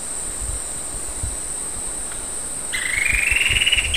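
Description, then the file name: Bird call: one rapid pulsed trill climbing gradually in pitch, starting after a quiet stretch, with a continuous shrill insect-like drone behind. "SABIOD 50 bird 2015"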